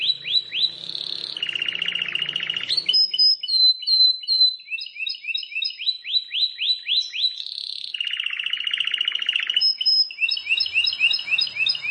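Plain prinia song alternating buzzy rattling trills with runs of rapid rising upswept notes and high chirps.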